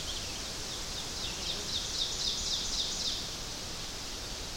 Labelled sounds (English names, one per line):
Ovenbird song